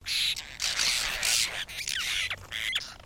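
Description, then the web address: Apostlebirds giving a group call: harsh, scratchy, overlapping squawks and grating notes in dense bursts, with brief gaps between. "Sound Effects-Foundation. BIRD APOSTLE BIRD GROUP CALL"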